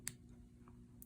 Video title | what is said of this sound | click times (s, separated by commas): Changing Your Phonak Marvel Domes and Wax Guards | You'll kind of feel it click into place, then you'll pull that out. | 0.1 s